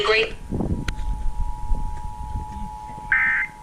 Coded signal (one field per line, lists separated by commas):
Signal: Emergency Alert System (SAME) tones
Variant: 853 and 960 Hz attention tone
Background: speech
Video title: TESTING FRENZY | EAS Tests From 6/16/20 to 6/17/20 | EAS #77-80